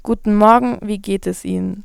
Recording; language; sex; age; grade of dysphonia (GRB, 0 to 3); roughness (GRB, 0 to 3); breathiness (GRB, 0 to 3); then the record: spoken sentence; German; female; 18 to 19 years; 0; 0; 0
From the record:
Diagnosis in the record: healthy voice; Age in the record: 19 years